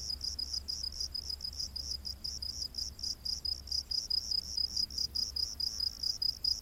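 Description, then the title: Loud crickets chirping in rapid pulses, a bright high pulsing band running the whole time. Rainforest at night. "Crickets of the Rainforest"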